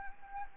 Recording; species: mosquito wingbeat signal from an infrared sensor; Anopheles arabiensis